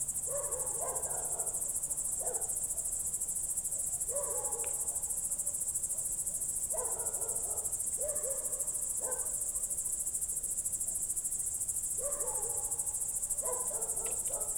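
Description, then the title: Crickets trilling in a steady, unbroken high-pitched chorus, with short lower-pitched harmonic calls from another animal breaking in every couple of seconds. Crickets at night in Goworów, Poland, late evening of 18 July 2022, heard through a window, recorded for World Listening Day with Zoom F4 and AT BP4025. "Goworów 6, 57-515, Poland - World Listening Day/Night 18/07/2022-night crickets"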